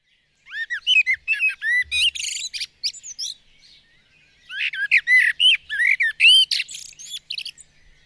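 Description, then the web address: Bird song in two bursts of quick, varied notes, with slurred whistles and buzzy chips packed together and a short quiet gap between phrases. "madarak enek"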